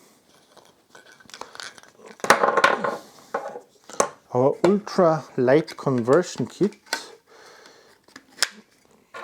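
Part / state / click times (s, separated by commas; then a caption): ultralight conversion adapter into the tripod center column or head / seated / 8.4 s. An ultralight conversion adapter is fitted into the center column or head of a Peak Design carbon fibre travel tripod whose legs have been removed. Someone talks over sharp handling knocks and clatters around 2.3–2.8 s and at 4.0 s. A crisp click at 8.4 s marks the adapter snapping into place, seated.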